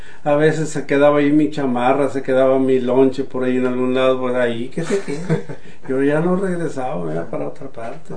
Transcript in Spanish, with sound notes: A veces se quedaba allí mi chamarra, se quedaba mi lonche por allí en algún lado por allí, que se quede. (risas) Yo ya no regresaba, me iba para otra parte.